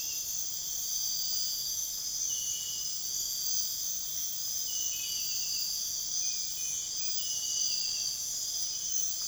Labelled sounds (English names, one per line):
none